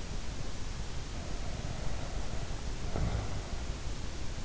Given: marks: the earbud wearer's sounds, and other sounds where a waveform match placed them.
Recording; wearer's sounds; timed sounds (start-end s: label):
sounds in sleep by an in-ear microphone; snoring breath
1.24-3.78 s: snoring breath